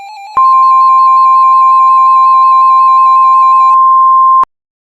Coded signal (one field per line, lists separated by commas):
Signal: Emergency Alert System (SAME) tones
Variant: 1050 Hz attention tone